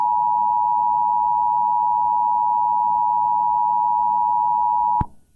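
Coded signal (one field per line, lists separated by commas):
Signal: Emergency Alert System (SAME) tones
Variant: 853 and 960 Hz attention tone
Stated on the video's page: Fictional EAS scenario using valid EAS tones.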